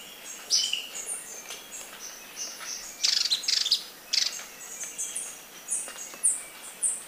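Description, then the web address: Ornate flycatcher calls: thin, high notes given irregularly, some in short clusters, over a steady background hiss. Recorded in Ecuador. "Birds of Ecuador. Ornate Flycatcher"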